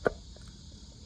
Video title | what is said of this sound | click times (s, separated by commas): Audi A6 C7/C7.5 3.0T Oil Change DIY | You'll hear it pop in. | 0.1 s